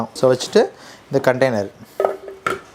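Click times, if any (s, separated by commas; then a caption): 2.5 s. A plastic blender container is set onto the base of a multi-purpose kitchen appliance and locked in place, with one sharp, short click at 2.5 s. Someone talks throughout, and the container is seated and locked so it cannot be taken off separately.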